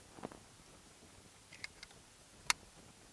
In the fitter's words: into the stock vehicle harnesses the connector should make an audible click when fully seated